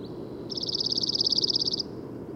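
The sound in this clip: Bird song: a single fast, evenly pulsed high trill of over a second over low background noise.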